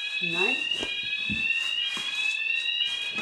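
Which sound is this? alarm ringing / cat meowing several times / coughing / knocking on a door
alarm ringing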